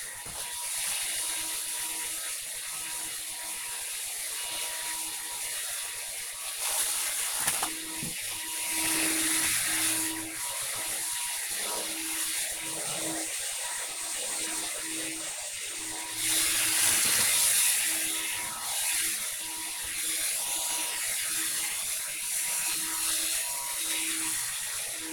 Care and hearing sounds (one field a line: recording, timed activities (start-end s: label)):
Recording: household activities, microphone on the right wrist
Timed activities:
0.00-25.13 s: vacuum cleaning